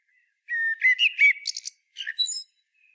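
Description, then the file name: Common blackbird song, a phrase of low fluting whistles followed by higher twittering notes, then a second brief burst ending in thin squeaky notes. "Turdus merula"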